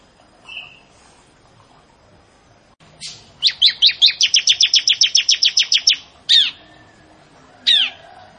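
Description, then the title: Bar-winged prinia singing a fast, even run of high chirps lasting around two and a half seconds, then two separate sweeping downward notes. "Ciblek Sawah"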